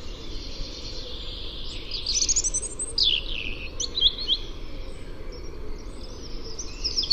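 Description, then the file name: Eurasian wren calling with high, slurred and sweeping notes, some rising and falling sharply, mixed with short chirps over a steady low background hiss. "Troglodytes troglodytes"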